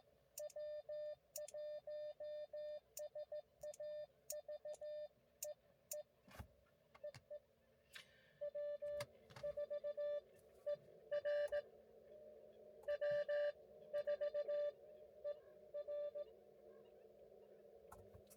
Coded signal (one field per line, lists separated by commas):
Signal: Morse code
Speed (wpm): 15 wpm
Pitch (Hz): 590 Hz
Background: none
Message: W1SAV E E EE W4ER W4ER